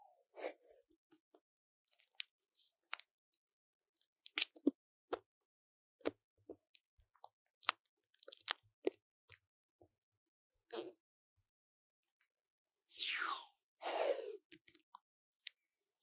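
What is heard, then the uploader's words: Paper tape is handled and pressed onto a microphone. Sharp crinkles, taps and tearing snaps come in irregular bursts across the clip. Near the thirteen and fourteen second marks come two longer, louder rips of tape being pulled. 用紙膠帶裝飾雪怪MIC| Paper tape decorating the sound of the MIC | NoTalking.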